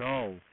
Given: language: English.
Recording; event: throat vibration sensor signal played as sound; speech